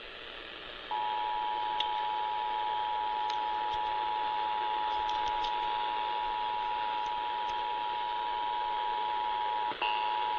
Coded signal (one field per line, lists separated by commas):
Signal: Emergency Alert System (SAME) tones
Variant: 853 and 960 Hz attention tone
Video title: FINALLY CATCHING BACK UP... EAS Tests from October 2025 (EAS #6,384 - 6,444)